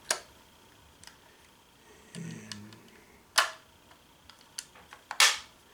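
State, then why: Seated. A metered prism viewfinder is clipped onto the back of a Mamiya M645 1000s medium-format camera body while someone talks, with a sharp click near the start, another loud snap around 3.4 s, and several light handling taps. The finder snaps into place and locks onto the body at 5.2 s with the loudest, sharpest click of the clip.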